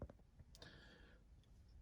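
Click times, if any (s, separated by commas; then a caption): 0.0 s, 0.6 s. A plastic trim panel is pushed back into a car dashboard after a newly installed gauge is plugged in. Short, sharp snapping clicks are heard at about 0.0 and 0.6 seconds as its clips snap home. The panel is seated back in place.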